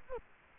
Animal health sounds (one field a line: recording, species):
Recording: mosquito wingbeat signal from an infrared sensor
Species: Culex quinquefasciatus